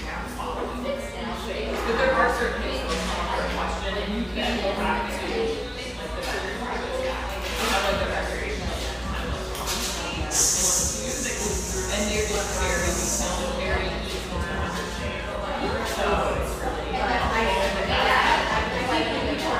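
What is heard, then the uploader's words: A busy café hums with many overlapping conversations, a dense, steady wash of voices in an indoor space. Clinks and short knocks of dishes pop through now and then, and a bright hiss, like a steam wand, runs from about ten to thirteen seconds. Santa Monica, California. Enjoy the sounds of this extremely happy, sunlit café, a brief walk from the famous Santa Monica pier.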